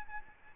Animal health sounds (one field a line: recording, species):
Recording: mosquito wingbeat signal from an infrared sensor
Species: Aedes albopictus